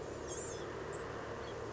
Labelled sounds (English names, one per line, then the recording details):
Blue-gray Gnatcatcher
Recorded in Sonoma County, California